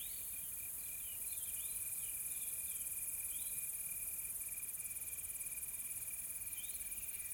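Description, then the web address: Insects keep up a continuous thin drone with a high hiss above it, with several soft chirps scattered in between. Calm, soft insects in a tropical forest ambience in South Africa. "Sonniss com - GDC 2020-Game Audio Bundle Smart Sound FX - Nature South Africa AMBIENCE Additional Tropical Forest Soft Insects Calm"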